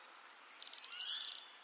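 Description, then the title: Araucaria tit-spinetail song: a short, very high, rapid trill under a second long, over a steady background hiss. "LuckyPassaro Completos2Sama. Araucaria Tit-Spinetail (Leptasthenura setaria)"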